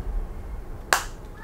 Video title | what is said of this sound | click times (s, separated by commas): Yokomo - Building BD11 Touring Car With Mat Jenkins - Part 5 | Oh, Listen to that. snaps into place. | 0.9 s